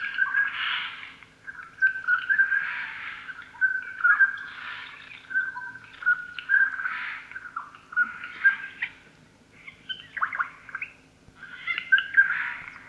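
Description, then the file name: Eurasian jay repeating harsh rasping bursts every couple of seconds, mixed with short clear whistles. "Garrulus glandarius"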